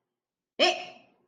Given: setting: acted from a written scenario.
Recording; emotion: vocal sound without words; anger